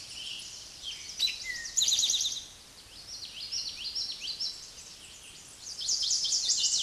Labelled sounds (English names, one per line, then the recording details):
Eastern Towhee song
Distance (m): 5 m
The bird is about level with the microphone
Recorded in a Pennsylvania forest on 16 May 2024 at 06:14
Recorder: AudioMoth, point MSD-2166
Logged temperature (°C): 16.3 °C
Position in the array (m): 110 m, 7 m